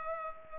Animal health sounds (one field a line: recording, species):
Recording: mosquito wingbeat signal from an infrared sensor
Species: Culex pipiens